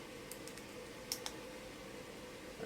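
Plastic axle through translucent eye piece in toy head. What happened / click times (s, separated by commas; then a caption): The small axle snapped home through the eye piece / 1.1 s. A small plastic axle is pushed through a translucent eye piece on the head part of a LEGO Bionicle Skull Warrior 70791 building-toy figure. Faint ticks come first, then a sharp click at 1.1 s as the axle seats home, followed by one smaller tick just after.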